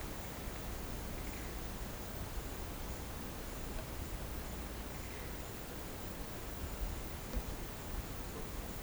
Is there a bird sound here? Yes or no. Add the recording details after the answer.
no. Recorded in pastures near Puerto Asís, Putumayo, Colombia, on 21 March 2025 at 11:00. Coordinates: 0.472, -76.329. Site G074